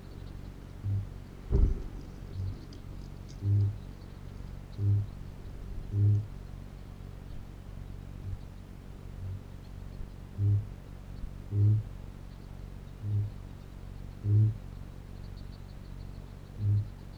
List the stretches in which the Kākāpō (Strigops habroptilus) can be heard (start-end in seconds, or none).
0.67-1.14, 2.20-2.59, 3.28-3.84, 4.62-5.18, 5.81-6.33, 8.14-8.48, 9.07-9.41, 10.30-10.71, 11.42-11.94, 12.91-13.45, 14.12-14.60, 16.47-16.86